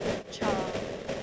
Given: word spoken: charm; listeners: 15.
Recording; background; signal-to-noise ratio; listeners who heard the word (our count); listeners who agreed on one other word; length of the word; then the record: one English word in noise, from a listening test; noise modulated by three-talker babble; -5.9 dB; 4 of 15; 8 of 15; 0.84 s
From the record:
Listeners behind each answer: 8, 4, 2, 1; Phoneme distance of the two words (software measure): 7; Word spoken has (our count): 1 syllable, 3 phonemes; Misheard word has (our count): 1 syllable, 2 phonemes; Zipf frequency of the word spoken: 4.19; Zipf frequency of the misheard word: 3.10